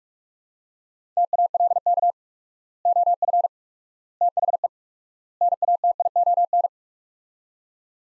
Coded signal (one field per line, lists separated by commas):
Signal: Morse code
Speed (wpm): 46 wpm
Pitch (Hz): 700 Hz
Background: none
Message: TALK OF THE NATION